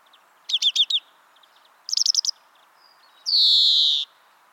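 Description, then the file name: European greenfinch calls: two quick bursts of ringing chirped twitters, then one long harsh wheezing buzz about three-quarters of a second long. "Chloris chloris"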